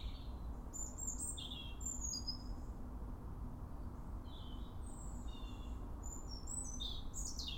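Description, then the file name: European robin giving high, thin warbled phrases with quick descending and rising notes, spaced by brief silences, above constant low-pitched background hum. "Erithacus rubecula"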